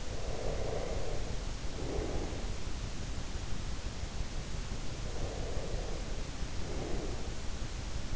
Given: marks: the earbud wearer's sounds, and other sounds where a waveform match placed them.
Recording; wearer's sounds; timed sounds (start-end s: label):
sounds in sleep by an in-ear microphone; breath
0.00-2.58 s: breath
5.04-7.37 s: breath